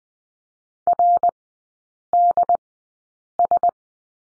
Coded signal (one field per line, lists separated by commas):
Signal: Morse code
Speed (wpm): 20 wpm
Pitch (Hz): 700 Hz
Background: none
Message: RDS